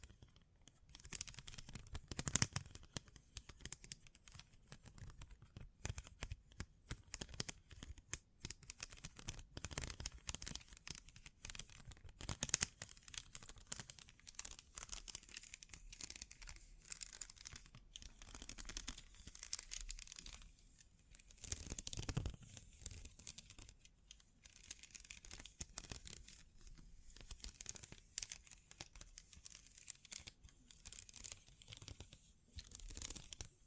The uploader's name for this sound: Bling Bling Triggers